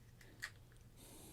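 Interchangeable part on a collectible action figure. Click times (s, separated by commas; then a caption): 0.4 s. An interchangeable piece, likely a head or hair part, is pressed onto a plastic Hot Toys Rescue MK 0049 collectible action figure. A faint tick at 0.2 s comes before a sharp, bright click at 0.4 s as the part snaps into place, followed by low steady hiss. The part is seated.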